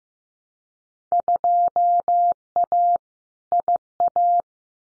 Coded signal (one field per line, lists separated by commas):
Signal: Morse code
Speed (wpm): 15 wpm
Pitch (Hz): 700 Hz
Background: none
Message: 2A IA